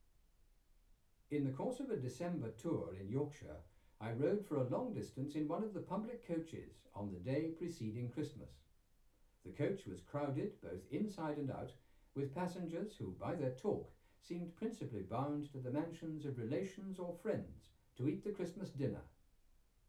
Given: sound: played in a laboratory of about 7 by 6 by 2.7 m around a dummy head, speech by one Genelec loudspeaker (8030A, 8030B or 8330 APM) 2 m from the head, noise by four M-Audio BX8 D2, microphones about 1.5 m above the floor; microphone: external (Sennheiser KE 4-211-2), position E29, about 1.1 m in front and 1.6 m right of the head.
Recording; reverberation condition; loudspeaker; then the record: male speech in English; low; 60 degrees to the left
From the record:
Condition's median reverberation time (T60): about 310 ms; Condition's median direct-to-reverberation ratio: about 3.5 dB